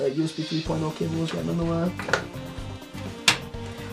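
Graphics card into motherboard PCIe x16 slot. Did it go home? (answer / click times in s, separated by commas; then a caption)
yes / 3.3 s. A graphics card is pressed into the first x16 PCIe slot on a motherboard, working around the USB 3.0 cables underneath, with background music. Someone talks as the card goes in. At 3.3 s a sharp, loud click sounds as the slot's sliding retention latch catches and the card seats.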